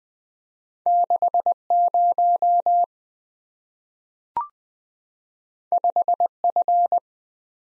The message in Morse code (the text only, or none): 60 5F